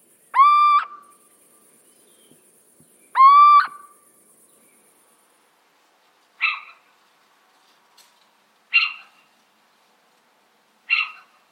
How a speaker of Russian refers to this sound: Домовый сыч – один из самых классных певцов среди сов. У него очень разнообразное пение. Давайте послушаем его.